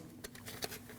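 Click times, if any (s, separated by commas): none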